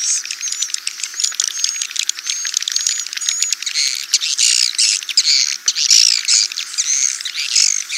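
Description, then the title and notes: Swiftlet twittering, many rapid high chirps overlapping, with brief whistled notes. Swiftlet sound used for swiftlet farming in Asia. "Swiflet Bird Sound. Farming Swiflet Bird asia sound"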